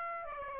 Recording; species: mosquito wingbeat signal from an infrared sensor; Aedes aegypti